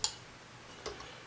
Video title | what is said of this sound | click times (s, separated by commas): Easy Toyota 2JZ 1UZ Valve Stem Seal Replacement | valve stem I'm just going to push down usually hear a little click and | 0.0 s